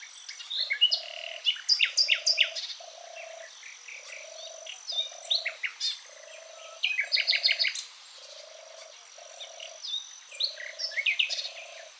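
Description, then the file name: Common nightingale singing varied phrases of rapid repeated chips, buzzy trills and a long high whistle, over a steady low pulsing tone repeated about once a second. "Luscinia megarhynchos"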